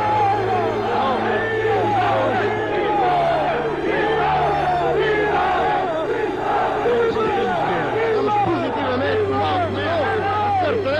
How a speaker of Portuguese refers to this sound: No ar, enquanto o carro se dirige para a porta do quartel do Carmo e não conseguimos efetivamente ver o interior. Inteiramente submersos pela multidão. Os soldados foram incapazes de suster as pessoas